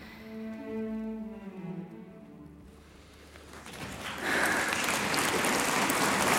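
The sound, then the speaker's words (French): A sustained musical note with rich harmonics fades out, then a standing audience applauds mezzo-soprano Pauline Garcia's performance in December 1838, swelling into a loud, dense, steady ovation that carries on to the end, with no voices. “Ils sont debout. Ils applaudissent.”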